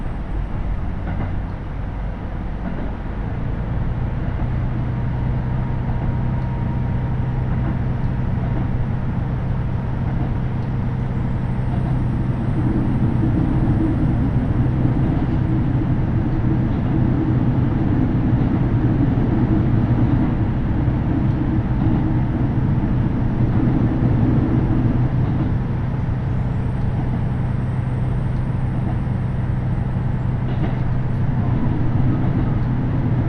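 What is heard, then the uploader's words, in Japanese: A KiHa 75 diesel railcar runs on the Taita Line from Mino-Ota toward Tajimi, with a steady, dense low engine drone and rumble throughout. The growl swells louder from about 12 to 25 seconds, and a faint high whine comes in twice. 耳で楽しむ鉄道旅 太多線 美濃太田→多治見キハ75。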